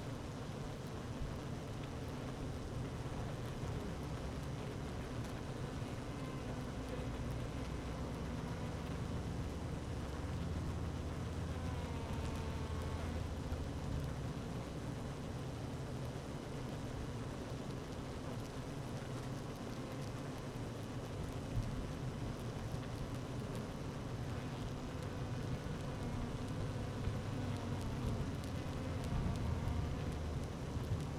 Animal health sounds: honeybee colony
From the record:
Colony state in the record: active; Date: 12 June 2018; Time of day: 12:26

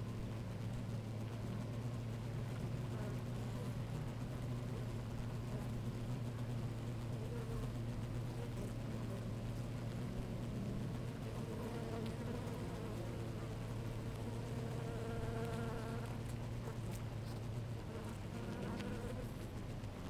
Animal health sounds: honeybee colony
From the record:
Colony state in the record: active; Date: 28 July 2017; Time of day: 11:00

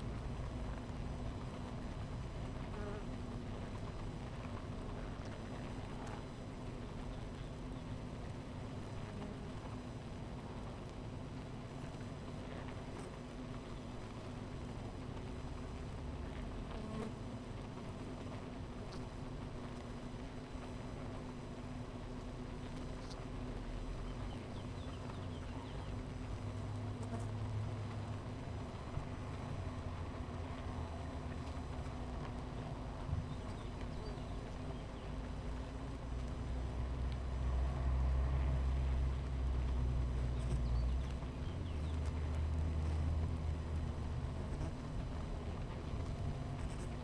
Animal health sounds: honeybee colony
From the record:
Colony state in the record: missing queen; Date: 14 July 2017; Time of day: 11:08

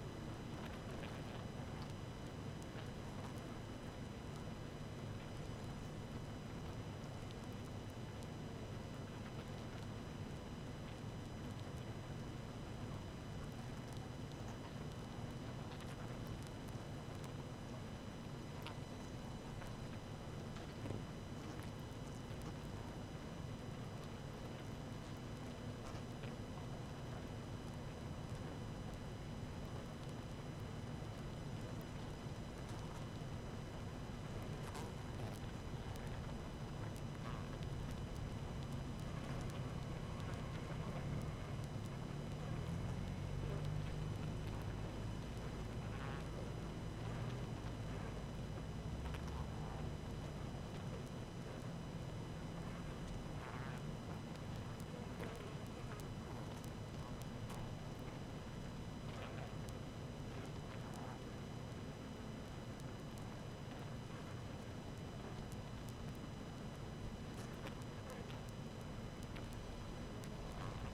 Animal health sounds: honeybee colony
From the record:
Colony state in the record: active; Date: 12 June 2018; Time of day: 18:31

